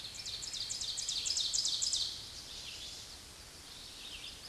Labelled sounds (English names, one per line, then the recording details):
Ovenbird song
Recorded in a Pennsylvania forest on 16 May 2024 at 07:33
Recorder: AudioMoth, point MSD-1539
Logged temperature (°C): 16.0 °C
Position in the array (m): 168 m, -23 m